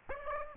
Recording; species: mosquito wingbeat signal from an infrared sensor; Aedes aegypti